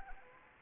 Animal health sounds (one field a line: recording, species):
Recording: mosquito wingbeat signal from an infrared sensor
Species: Anopheles arabiensis